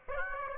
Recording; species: mosquito wingbeat signal from an infrared sensor; Aedes aegypti